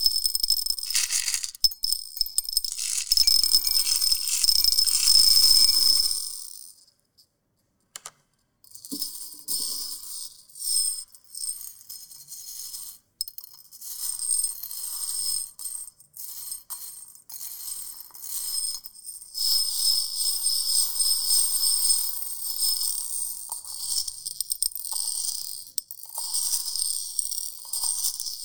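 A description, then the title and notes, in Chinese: Beads are stirred and poured by hand, a bright rustle and clatter of many small pieces that swells and fades in bursts. A loud, dense shuffle fills the first six seconds, then a brief silence, and irregular softer rustles run through the rest. 玩珠珠的唰唰聲｜Playing Beads。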